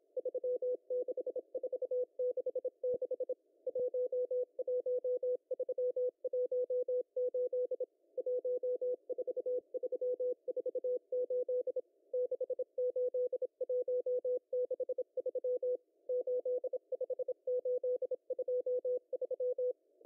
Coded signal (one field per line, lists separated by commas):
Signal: Morse code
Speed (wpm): 26 wpm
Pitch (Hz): 500 Hz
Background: none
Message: 36466 11318 14348 68163 85823